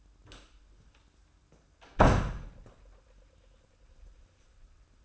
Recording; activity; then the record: daily activity, microphone in the room; close door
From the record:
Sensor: 2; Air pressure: 994.2 hPa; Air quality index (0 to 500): 207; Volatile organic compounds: 1000 ppm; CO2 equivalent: 6874 ppm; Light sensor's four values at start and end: 76/177/73/73 and 77/180/74/75